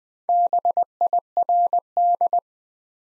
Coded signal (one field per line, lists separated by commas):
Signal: Morse code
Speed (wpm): 20 wpm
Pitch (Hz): 700 Hz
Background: none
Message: BIRD